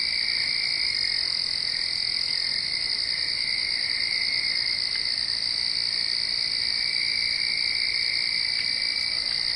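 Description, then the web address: Crickets in an unbroken high-pitched trilling chorus, with faint scattered clicks. "nature crickets"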